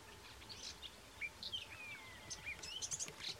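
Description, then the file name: Eurasian blackcap calls: scattered short high chirps and thin whistled notes, one longer descending whistle midway, over a faint background hiss. "Sylvia atricapilla"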